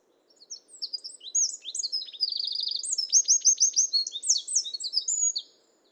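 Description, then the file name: Eurasian wren singing a long, forceful, very high torrent of notes, mixing quick twitters with a rapid trill and a run of evenly repeated chips, lasting around five seconds. Song, recorded in Europe. "Zaunkoenig Gesang Voegel in Europa"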